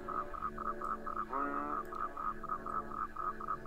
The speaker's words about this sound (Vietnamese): Thế rồi đám ếch nhái ở cái ao tù cũng đua nhau gào lên.